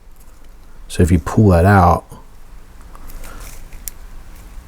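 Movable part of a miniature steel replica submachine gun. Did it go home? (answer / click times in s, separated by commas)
yes / 3.9 s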